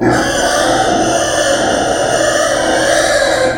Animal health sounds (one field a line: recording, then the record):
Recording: squeal of a Yucatan mini pig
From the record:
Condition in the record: before surgery on the right vocal fold (resection and tissue-engineered implant)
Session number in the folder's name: 3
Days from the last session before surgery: 0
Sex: female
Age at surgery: 19 weeks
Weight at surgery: 25 kg